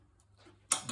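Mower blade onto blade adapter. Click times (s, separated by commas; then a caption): 0.7 s. A new steel mower blade is fitted onto a new blade adapter on a Craftsman M100 lawn mower, with the blade's bow-tie center lined up over the adapter's nubs so the nubs slip into the little pin holes. After a quiet stretch with faint handling noise, a sharp click at 0.7 s is followed by a softer tick around 0.9 s. The blade is seated on the adapter.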